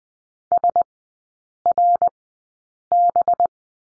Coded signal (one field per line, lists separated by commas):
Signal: Morse code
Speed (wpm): 20 wpm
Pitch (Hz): 700 Hz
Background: none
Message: SRB